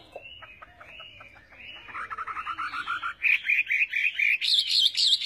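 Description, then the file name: Chinese hwamei song starts soft with thin whistles, builds into a rapid trill, then bursts into loud, high, chattering whistled phrases. "Tieng hoa mi hot"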